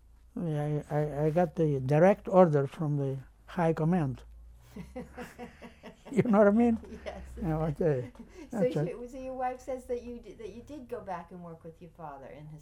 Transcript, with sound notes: I, I, I got the direct order from the high command. (laughs) You know what I mean? (laughs) What the...
Yes. (laughs) So, so your, your wife says that you, that you did go back and work with your father in his store?